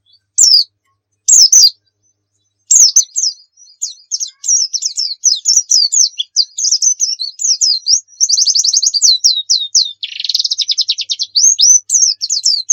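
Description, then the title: White-eye song: a few isolated high notes, then a long continuous run of rapid twitters, buzzy rattles and fast trills. Pleci Muria (Muria white-eye) singing gacor (persistently); a masteran recording for training pet songbirds to sing. "Pleci Muria Gacor"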